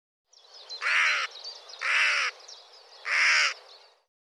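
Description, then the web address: Bird calling with three loud, raspy caws at about one-second intervals, against quiet background hiss. "cianscape birddata Deverinetal 2025 File cleaned normalized Bird"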